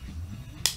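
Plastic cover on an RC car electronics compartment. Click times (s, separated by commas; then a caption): 0.7 s. The plastic cover of an RC car's electronics compartment is unclipped to remove it. After a low background hum, a single sharp, loud click rings out at 0.7 s as the cover releases.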